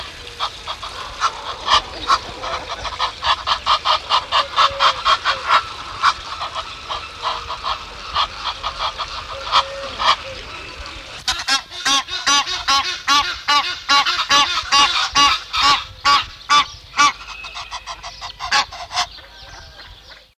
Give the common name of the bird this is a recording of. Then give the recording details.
Egyptian Goose. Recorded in captivity. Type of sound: call. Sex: pair. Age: adult. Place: Zoo Osnabrück, Niedersachsen, DE. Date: 1974-03-14. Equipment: Halbspur, 9,5 cm/s. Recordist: Lütgens, Hans. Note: Rufe